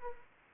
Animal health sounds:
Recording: mosquito wingbeat signal from an infrared sensor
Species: Anopheles arabiensis

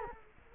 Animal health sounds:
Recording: mosquito wingbeat signal from an infrared sensor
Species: Culex quinquefasciatus

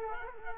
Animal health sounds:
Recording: mosquito wingbeat signal from an infrared sensor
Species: Culex quinquefasciatus

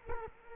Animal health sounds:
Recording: mosquito wingbeat signal from an infrared sensor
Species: Culex quinquefasciatus

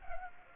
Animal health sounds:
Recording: mosquito wingbeat signal from an infrared sensor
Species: Culex pipiens

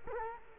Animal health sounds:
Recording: mosquito wingbeat signal from an infrared sensor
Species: Culex quinquefasciatus

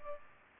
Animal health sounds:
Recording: mosquito wingbeat signal from an infrared sensor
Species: Aedes aegypti

